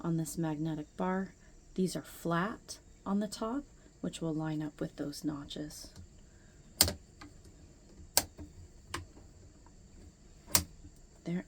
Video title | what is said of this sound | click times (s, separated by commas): How to Assemble the SpinPerfect ICON - 3D Carbon Printed Electric Spinning Wheel made in the USA | And you want it to click into place where you center it on the rod. And these should all click into place. | 6.8 s, 8.2 s, 10.6 s